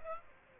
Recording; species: mosquito wingbeat signal from an infrared sensor; Aedes aegypti